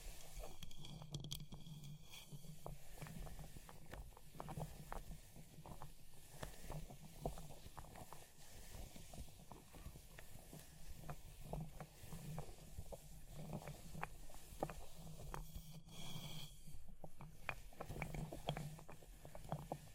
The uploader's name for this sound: Fire Crackling, Tapping, Scratching